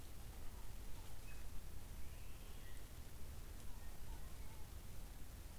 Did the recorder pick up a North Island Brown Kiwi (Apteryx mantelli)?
no